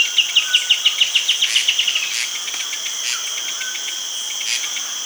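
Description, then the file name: Bird giving a fast trill of short, evenly spaced chirps that fades after two seconds, over a steady high insect drone. "SABIOD 50 bird 2015"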